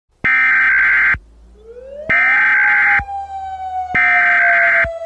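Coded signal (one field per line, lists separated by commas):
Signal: Emergency Alert System (SAME) tones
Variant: header bursts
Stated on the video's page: Fictional EAS scenario.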